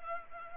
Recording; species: mosquito wingbeat signal from an infrared sensor; Culex pipiens